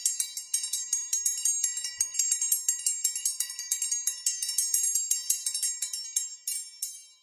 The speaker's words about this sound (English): And then I have an iron triangle from...